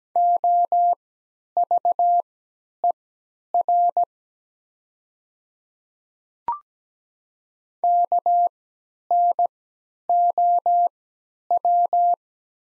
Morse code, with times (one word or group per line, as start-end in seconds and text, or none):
0.2-4.0 OVER
7.8-12.1 KNOW